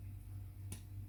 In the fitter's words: and it should just go click into place or go as well